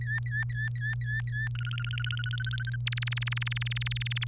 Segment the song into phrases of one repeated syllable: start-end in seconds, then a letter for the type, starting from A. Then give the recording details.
0.01-1.48 A, 1.55-2.76 B, 2.86-4.24 C. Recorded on 26 April 2018 at 16:47. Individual llb3